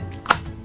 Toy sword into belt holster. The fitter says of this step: a nice satisfying click so you can't turn it upside down i wouldn't really shake it a whole lot